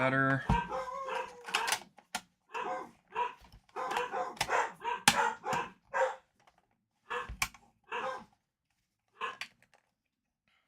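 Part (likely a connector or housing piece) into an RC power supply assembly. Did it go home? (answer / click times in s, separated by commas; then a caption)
no / none. During power supply work, a part, likely a connector or plastic housing piece, is handled and pushed toward its place in an RC power supply assembly while someone talks. Several brief, sharp hits are heard between bursts of speech. Nothing has seated or clicked into place yet.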